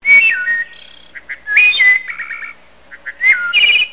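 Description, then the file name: Bird giving loud whistled calls in three bursts, each a rising then falling slurred note, the last two followed by quick clipped chirps, with short quiet gaps between. "Oiseau"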